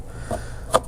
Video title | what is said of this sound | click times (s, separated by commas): Angela-Gilbert Yeung Funky amp, FCF Power Capacitor Pack & Damping Factor Controllers traveling kit | power cons click into place and now when this thing starts the Transformer starts up all of this | 0.8 s